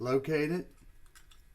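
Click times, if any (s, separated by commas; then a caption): none. A fishing reel's aluminum side case is turned and located against the main case, to be brought on until it locks in with the gear cover. Someone talks for the first 0.6 seconds, then only faint handling taps are heard, around 1.1 and 1.3 seconds. Nothing has seated or locked yet.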